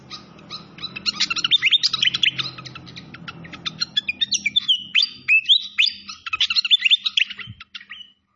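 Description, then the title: Malaysian pied fantail song of rapid chirps and looping whistled phrases over a soft low hum. Training (masteran) song with a clear voice, mixed with the sound of gurgling water. "Masteran Sikatan Kipas Suara Jernih Dan Suara Gemericik Air"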